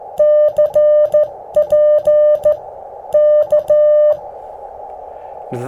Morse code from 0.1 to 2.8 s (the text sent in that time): CP